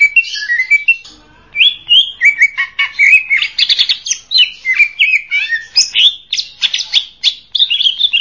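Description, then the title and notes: Greater green leafbird song, a fast run of varied whistles and chirps with rising and falling slurs and quick buzzy trills, almost without pause. Champion-grade cucak ijo song. "Kicau Burung Cucak Ijo Juara. Suara kicauan burung cucak ijo"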